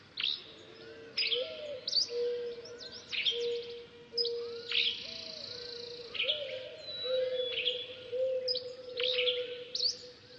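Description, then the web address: Birds chirp, with quick rising and falling high notes clustered in rapid bursts and a wavering low tone running throughout. "funny birds"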